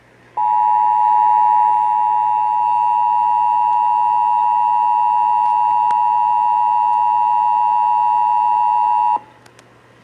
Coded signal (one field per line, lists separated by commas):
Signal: Emergency Alert System (SAME) tones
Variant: 853 and 960 Hz attention tone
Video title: (EAS #444-452) May 2023 Texas Required Monthly Test